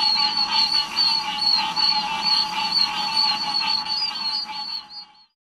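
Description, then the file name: Oak toads calling together, dense high peeping notes over a constant tone, fading out at the end. "Bufo quercicus - Oak Toad"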